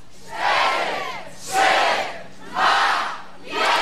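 A large crowd at the Męskie Granie concert, its fifth anniversary, shouts a countdown together from five to one: loud roaring bursts about one second apart, each a broad swell of many voices rising and fading in steady rhythm.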